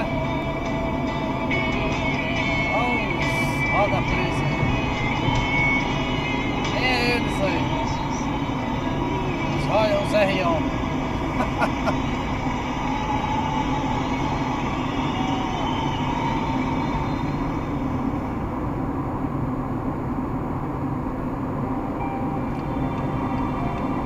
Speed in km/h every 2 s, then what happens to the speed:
93, 95, 98, 97, 97, 97, 98, 98, 96, 95, 100, 105.
0-19 steady at about 97. 19-24 speeds up to 105.